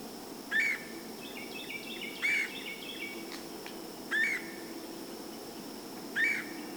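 Bird whistles: short upslurred notes about every two seconds, with fainter softer calls between them, over constant background noise.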